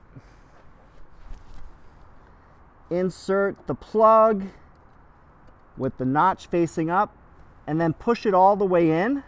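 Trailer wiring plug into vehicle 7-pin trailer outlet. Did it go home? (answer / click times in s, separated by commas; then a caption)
no / none. Someone talks over a quiet background while the socket latch lid on a Fisker Ocean One's 7-pin trailer outlet is held up and the trailer wiring plug, notch facing up, is brought to the outlet and lined up before being pushed in. Nothing has seated or clicked yet.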